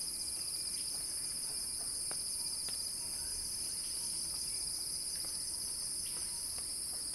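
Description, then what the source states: Cicada chorus droning without a break, a dense high-pitched hiss with a slight pulsing texture, plus a few soft ticks in the background. Crescendo.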